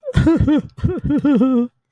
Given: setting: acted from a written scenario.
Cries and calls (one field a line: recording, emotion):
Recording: vocal sound without words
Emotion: sadness